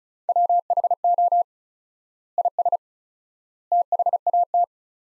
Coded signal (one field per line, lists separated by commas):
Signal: Morse code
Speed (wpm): 34 wpm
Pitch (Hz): 700 Hz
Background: none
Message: WHO IS THAT